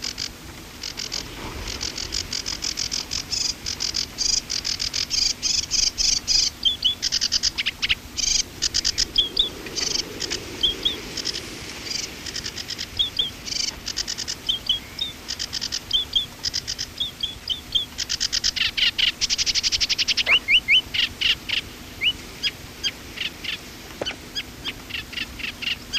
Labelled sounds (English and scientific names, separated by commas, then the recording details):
Sedge Warbler (Acrocephalus schoenobaenus) song
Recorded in the wild
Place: Illmitz, AT
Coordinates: 47.7544, 16.7631
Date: 1964-05-19
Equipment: Uher Report 4000, AKG D190
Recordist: Krey, Winfried